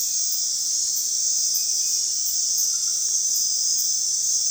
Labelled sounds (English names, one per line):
none